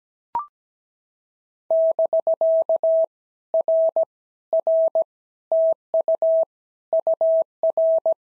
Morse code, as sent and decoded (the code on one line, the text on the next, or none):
-...-.- / .-. / .-. / - ..- / ..- .-.
<BK> R R TU UR